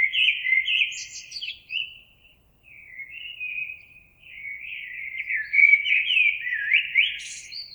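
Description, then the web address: Common blackbird song, several phrases of rich fluted notes sliding and warbling, with thin high squeaky twitters; short pauses separate them. Recorded on 26 April 2022. "oiseaux Merle 2022 04 26"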